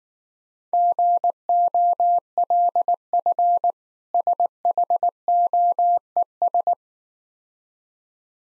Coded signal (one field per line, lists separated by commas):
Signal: Morse code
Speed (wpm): 19 wpm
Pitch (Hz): 700 Hz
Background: none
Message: GOLF SHOES